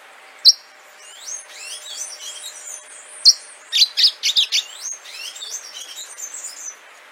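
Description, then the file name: Orange-fronted yellow finch song: sweeping, slurred whistles rising and falling, broken by a few sharp, loud chips and a quick burst of clipped notes. "canto do canario do amazonas"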